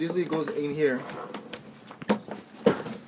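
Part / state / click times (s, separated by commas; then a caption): plastic lid into the filter pump housing / seated / 2.1 s, 2.7 s. A plastic lid is pushed into the housing of a pool filter pump while someone talks. Short sharp clicks are heard at about 2.1 s and 2.7 s as the lid clicks into place and seats.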